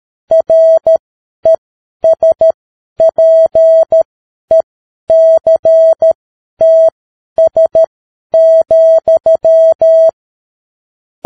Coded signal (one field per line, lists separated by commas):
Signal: Morse code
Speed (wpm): 13 wpm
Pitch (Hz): 650 Hz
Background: none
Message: RESPECTS,